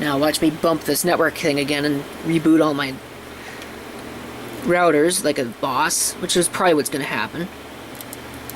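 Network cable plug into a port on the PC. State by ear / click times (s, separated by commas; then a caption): not seated / none. A network cable plug is pushed into a port on a PC while someone talks over a steady background hum. A few small knocks come near the end, around 8.0, 8.1 and 8.5 seconds, but the plug has not clicked into place yet.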